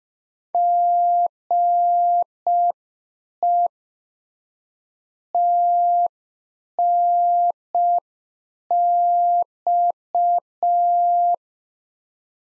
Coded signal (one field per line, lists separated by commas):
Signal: Morse code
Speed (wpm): 5 wpm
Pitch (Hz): 700 Hz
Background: none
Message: GE TNX